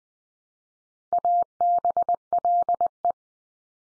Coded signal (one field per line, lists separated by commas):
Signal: Morse code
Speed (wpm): 20 wpm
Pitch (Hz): 700 Hz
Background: none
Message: ABLE